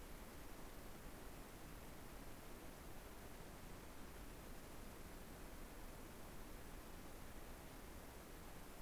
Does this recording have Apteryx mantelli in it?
no